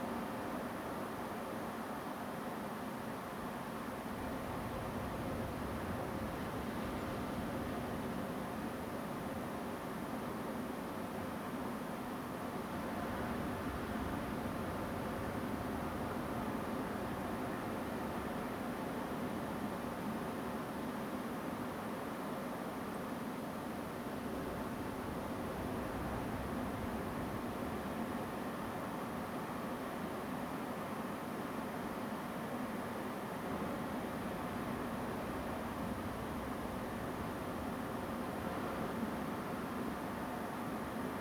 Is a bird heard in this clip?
yes